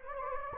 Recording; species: mosquito wingbeat signal from an infrared sensor; Anopheles gambiae